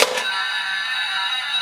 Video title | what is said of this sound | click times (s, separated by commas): Legacy Collection Golden Power Staff Unboxing/Review [Power Rangers Zeo] | so you just kind of slide it together until it clicks and then back | 0.0 s